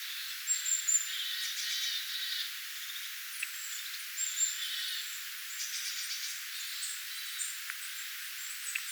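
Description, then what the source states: Tit flock calls: high thin whistles and soft chattering chirps overlapping irregularly, several birds at once, with light background hiss. Flock of tits, recorded 25 October 2024.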